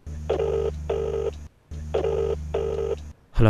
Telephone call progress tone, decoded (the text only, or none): ringback tone